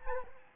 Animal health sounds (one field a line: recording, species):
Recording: mosquito wingbeat signal from an infrared sensor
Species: Anopheles arabiensis